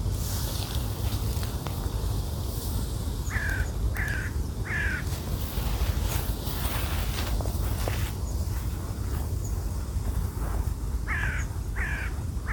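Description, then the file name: Bird calling, a burst of three harsh caws, then two more later, against steady wind noise. Recorded with wind. "Wind und Voegel"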